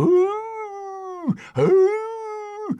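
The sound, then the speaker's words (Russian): A wolf howls at a hut: two long, loud howls, each holding a steady mid-high pitch for over a second before sliding down at the end, with a brief breath-like gap between them. “Пошел волк к избе и завыл страшным голосом.”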